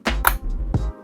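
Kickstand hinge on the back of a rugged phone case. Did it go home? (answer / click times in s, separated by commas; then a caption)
released / 0.3 s. The built-in kickstand on the back of a rugged plastic Poetic tough case for an iPhone 17 Pro Max is pulled to release it. A soft knock at 0.1 s comes before a sharp, bright click at 0.3 s as the kickstand clicks open, followed by a faint tick near 0.7 s over a steady low tonal background.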